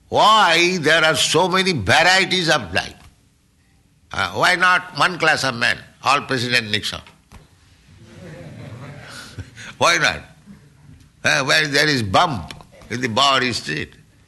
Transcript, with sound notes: Why there are so many varieties of life? Why not one class of men, all President Nixon? [laughter] Why not? Why there is bum in the Bowery Street?